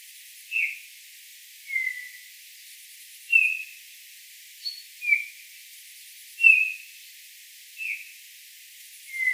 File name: Pyrrhula pyrrhula